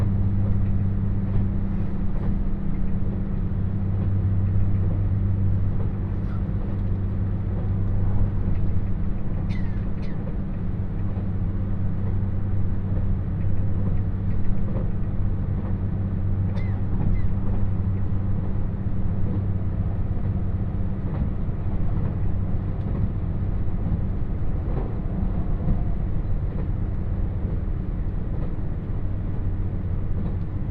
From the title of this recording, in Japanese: 土讃線特急南風26号 阿波池田→多度津